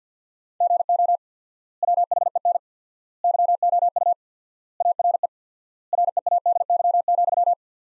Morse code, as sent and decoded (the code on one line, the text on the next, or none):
--. --- / .-- .... . -. / -.-- --- ..- / .- .-. . / .-. . .- -.. -.-- --..--
GO WHEN YOU ARE READY,